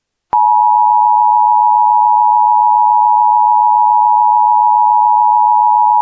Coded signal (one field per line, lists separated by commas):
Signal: Emergency Alert System (SAME) tones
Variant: 853 and 960 Hz attention tone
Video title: EAS | AMBER Alert for Two Children Kidnapped from School in Oklahoma